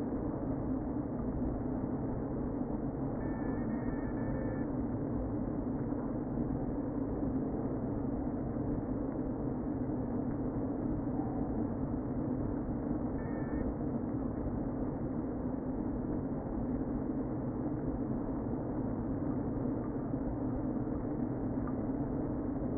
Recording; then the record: honeybee colony, microphone inside the hive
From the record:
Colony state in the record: queen present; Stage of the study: before two queens were removed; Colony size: about 60,000 bees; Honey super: yes